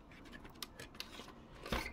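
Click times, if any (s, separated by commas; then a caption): 0.6 s, 1.0 s. The stiff inner wheel-height ratchet joint on a plastic Acid Rain World 303 Marine Mobile Arsenal toy trailer (1:18 scale) is forced with effort, and sharp clicks at 0.6 s and 1.0 s mark it seating into its notch. Soft plastic rubbing and scraping surround the clicks, ending in a louder rasping burst near 1.7 s.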